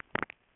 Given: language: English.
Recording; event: throat vibration sensor signal played as sound; swallow